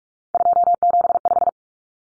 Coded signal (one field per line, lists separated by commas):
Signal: Morse code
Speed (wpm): 44 wpm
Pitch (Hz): 700 Hz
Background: none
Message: 275